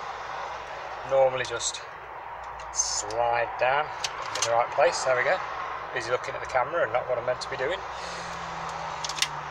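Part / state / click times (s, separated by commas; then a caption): radio release keys into car radio slots / seated / 9.0 s, 9.2 s. Radio release keys are slid into the slots of an aftermarket DAB radio in a camper van, motor home or RV while someone talks over steady background hum. Two sharp clicks at 9.1 s and 9.2 s mark the keys locking into place.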